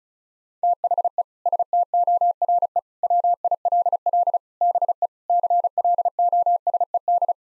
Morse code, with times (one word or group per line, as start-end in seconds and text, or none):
0.6-1.2 THE
1.5-2.8 STORE
3.0-4.4 WILL
4.6-5.1 BE
5.3-7.3 CLOSED